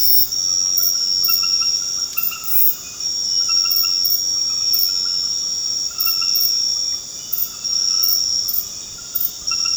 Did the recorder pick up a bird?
no